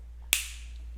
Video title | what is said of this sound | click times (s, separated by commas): Garmin InReach SOS Defect?? | it has to click just like that | 0.3 s